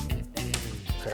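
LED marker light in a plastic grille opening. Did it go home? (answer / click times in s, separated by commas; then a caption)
yes / 0.5 s. A second LED marker light is pushed down into its opening in the plastic grille of a 2021–2024 Ford Bronco while music plays in the background. It snaps into place with a sharp click at 0.5 s, and someone talks. The light is seated in the grille.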